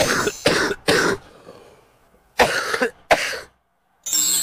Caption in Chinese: 老痰它有个特点啊，就是，它呢就是非常的深，它就是在深入肾脏甚至是经络的这么一个。 它是一个咳起来非常费劲。 我们好多老慢支的病人。 痰黏量少， 咳声肯定还要再往里了，更加厚重。